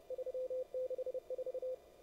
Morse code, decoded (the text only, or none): 364